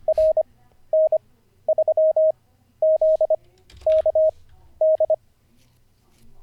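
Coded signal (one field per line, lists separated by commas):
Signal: Morse code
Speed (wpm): 25 wpm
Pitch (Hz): 630 Hz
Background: none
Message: RN3ZKD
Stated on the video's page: Live-streamed daily CW learning practice session.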